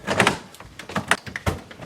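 A 240 V double-pole circuit breaker is pushed onto the bus bar of a breaker panel, with several short knocks and rattles as it is worked into position. It snaps home with a sharp plastic-metal click at 1.1 s, seated in the panel.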